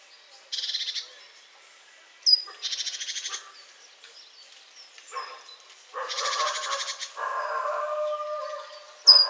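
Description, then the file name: Great tit scolding: a few harsh buzzy churr bursts, some preceded by a sharp thin whistle, with lower rattling chatter between and after. "Parus major"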